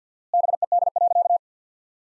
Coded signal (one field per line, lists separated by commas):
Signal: Morse code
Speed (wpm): 50 wpm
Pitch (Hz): 700 Hz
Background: none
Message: BED.